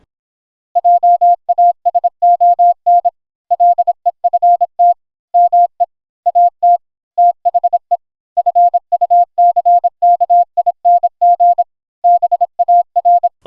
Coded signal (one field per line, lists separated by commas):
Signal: Morse code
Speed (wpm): 26 wpm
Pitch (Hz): 700 Hz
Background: none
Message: JASON LEFT ME AT THE FUCKING BAR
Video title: What did I buy at the 2022 Hamvention? Watch and find out!